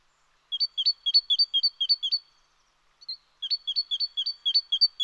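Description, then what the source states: Great tit song, a rapid series of clear two-note chimes, a pause near the middle, then the same ringing phrase repeated again. Great tit song played on the radio, linked with spring, which birds sense even during harsh late-winter weather; rendered as 'chichipán, chichipán'.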